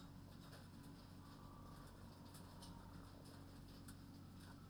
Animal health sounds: poultry house recording; sick chickens (respiratory disease)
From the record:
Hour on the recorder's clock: 22

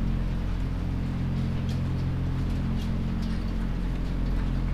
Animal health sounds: poultry house recording; sick chickens (respiratory disease)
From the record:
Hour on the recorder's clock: 0

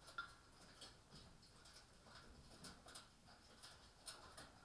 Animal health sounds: poultry house recording; healthy chickens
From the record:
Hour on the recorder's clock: 18

